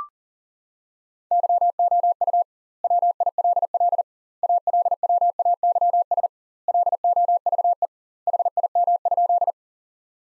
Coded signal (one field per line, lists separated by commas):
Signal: Morse code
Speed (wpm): 40 wpm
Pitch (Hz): 700 Hz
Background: none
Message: YOU WILL ALWAYS LOVE HIM?